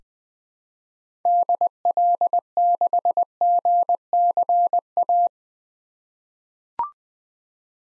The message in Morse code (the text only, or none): DL6GCA